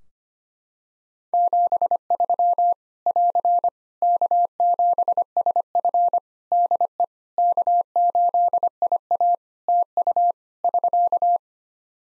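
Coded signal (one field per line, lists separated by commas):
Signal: Morse code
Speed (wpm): 25 wpm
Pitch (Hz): 700 Hz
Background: none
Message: 73 <AR> K7SF DE K8IA TU <SK>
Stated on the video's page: Practice QSO ending segment at 25 wpm for head-copy training, sent in Morse, spoken, then sent again.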